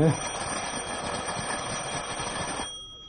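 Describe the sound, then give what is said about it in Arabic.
An apartment doorbell rings with a steady, shrill electric buzz that holds for a couple of seconds before cutting off abruptly. “اضرب الجرس.”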